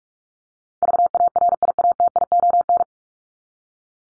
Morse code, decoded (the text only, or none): VARIATION